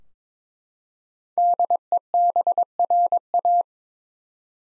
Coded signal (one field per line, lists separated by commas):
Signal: Morse code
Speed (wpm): 21 wpm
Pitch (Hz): 700 Hz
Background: none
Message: DEBRA